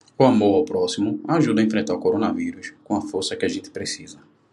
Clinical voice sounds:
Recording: spoken sentence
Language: Brazilian Portuguese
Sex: male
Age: 30 to 39 years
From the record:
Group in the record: control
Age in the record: 36 years

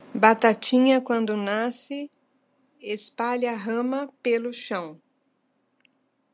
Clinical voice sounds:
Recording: short text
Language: Brazilian Portuguese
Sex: female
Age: 50 to 59 years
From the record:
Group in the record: control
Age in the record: 59 years

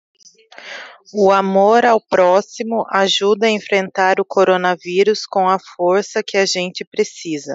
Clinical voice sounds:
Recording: spoken sentence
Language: Brazilian Portuguese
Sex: female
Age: 20 to 29 years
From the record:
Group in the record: control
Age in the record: 26 years

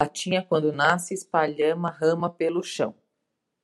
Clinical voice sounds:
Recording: short text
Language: Brazilian Portuguese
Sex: female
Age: 50 to 59 years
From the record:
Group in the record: control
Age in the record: 50 years

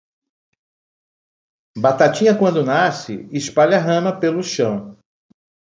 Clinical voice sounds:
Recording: short text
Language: Brazilian Portuguese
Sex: male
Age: 60 to 69 years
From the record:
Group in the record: control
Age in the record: 60 years

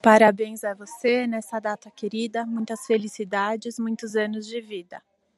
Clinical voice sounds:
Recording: short text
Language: Brazilian Portuguese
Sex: female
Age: 30 to 39 years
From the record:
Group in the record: control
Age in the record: 36 years

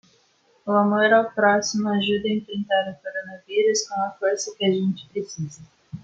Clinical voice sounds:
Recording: spoken sentence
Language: Brazilian Portuguese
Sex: female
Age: 18 to 19 years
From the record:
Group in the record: control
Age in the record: 19 years

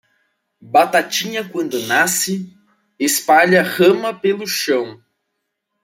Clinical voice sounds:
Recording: short text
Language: Brazilian Portuguese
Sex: male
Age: 20 to 29 years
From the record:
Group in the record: control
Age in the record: 22 years

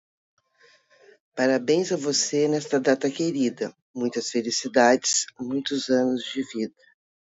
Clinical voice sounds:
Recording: short text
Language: Brazilian Portuguese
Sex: female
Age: 60 to 69 years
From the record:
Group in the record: control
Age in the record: 61 years

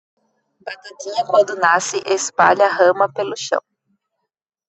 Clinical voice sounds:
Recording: short text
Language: Brazilian Portuguese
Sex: female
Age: 30 to 39 years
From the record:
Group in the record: control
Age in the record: 32 years

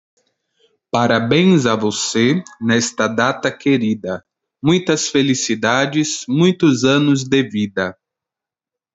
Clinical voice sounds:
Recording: short text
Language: Brazilian Portuguese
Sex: male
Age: 20 to 29 years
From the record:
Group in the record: control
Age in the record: 23 years

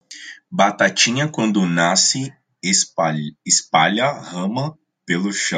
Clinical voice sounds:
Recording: short text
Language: Brazilian Portuguese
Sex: male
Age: 20 to 29 years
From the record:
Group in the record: control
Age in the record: 28 years

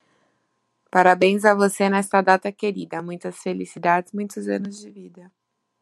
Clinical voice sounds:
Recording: short text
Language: Brazilian Portuguese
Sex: female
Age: 30 to 39 years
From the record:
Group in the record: control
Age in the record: 31 years

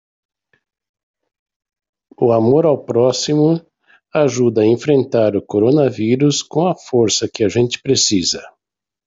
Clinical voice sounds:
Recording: spoken sentence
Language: Brazilian Portuguese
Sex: male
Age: 60 to 69 years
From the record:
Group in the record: control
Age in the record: 60 years

